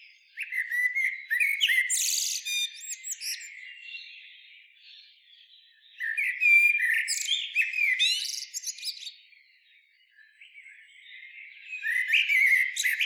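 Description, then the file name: Common blackbird delivering three separate bouts of high, scratchy twittering mixed with brief whistled notes, each lasting a few seconds with quieter gaps between. "Turdus merula"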